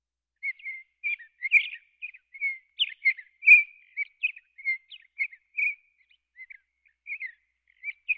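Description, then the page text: Sage thrasher warbling song of short separated phrases, clear whistled and burry notes spaced a fraction of a second apart, a steady patter. "Sage Thrasher Sound Effect. Quick Sounds"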